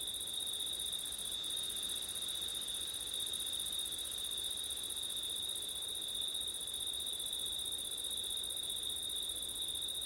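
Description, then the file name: Cricket chorus, an unbroken shrill trill with a second higher band, holding steady over faint low background noise. Crickets recorded on a September night with wind. "crickets wind september night ortif"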